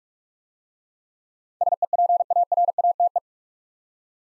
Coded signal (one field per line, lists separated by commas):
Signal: Morse code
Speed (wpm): 44 wpm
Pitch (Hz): 700 Hz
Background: none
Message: SEPARATE